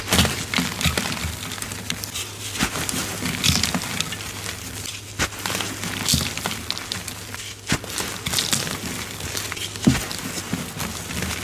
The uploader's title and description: Zote Flakes Dump, ASMR Gym Chalk Reforms + Dusty Powder. Pouring Zote flakes, crushing dusty Zote gym chalk reforms, super dusty powder play.